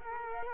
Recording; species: mosquito wingbeat signal from an infrared sensor; Culex quinquefasciatus